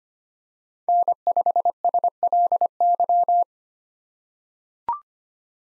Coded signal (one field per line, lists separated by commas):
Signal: Morse code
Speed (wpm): 25 wpm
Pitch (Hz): 700 Hz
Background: none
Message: N5SLY